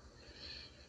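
A brief, faint high-pitched whistle rides on a quiet breath: wheezing in the airways of an adult man recovering from pneumonia, now much better than at first.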